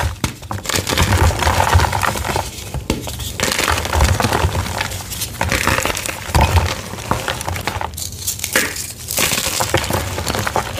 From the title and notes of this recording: Baby Oil Gym Chalk Crushing Compilation.